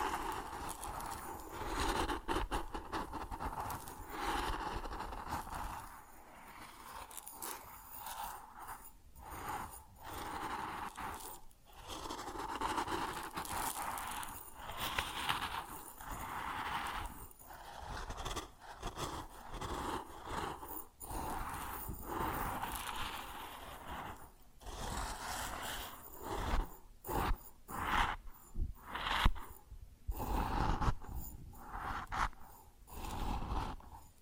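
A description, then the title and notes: Grain shifts and pours in a dense, gritty rush that keeps breaking into short bursts and brief pauses, growing more choppy after the halfway mark. A steady mid-pitched machine hum runs underneath throughout, with a low rumble like an engine. ASMR Grain Sounds (No Talking).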